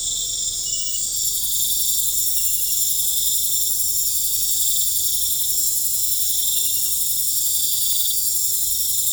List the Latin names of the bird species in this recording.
none